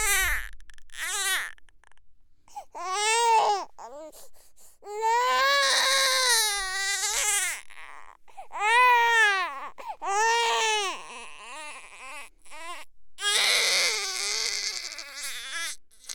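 High-pitched, strongly tonal wails come in about seven arched bursts, each rising and falling in pitch, separated by short gasping breaths and softer whimpers. This is a baby crying.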